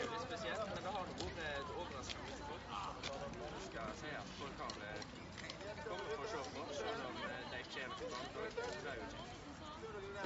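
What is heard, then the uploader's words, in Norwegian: A small street procession in Leirvik, heard as a dense, steady crowd of overlapping voices, adults and children talking and calling out at once. Scattered short knocks and footsteps cut through the chatter, which holds an even loudness throughout. Mini-borgartog i Leirvik. Nasjonaldagen 2020 vart veldig spesiell i Leirvik, sidan det nesten ikkje var folk å sjå samanlikna med det som er vanleg. Likevel vart det eit slags mini-borgartog med 40 personar.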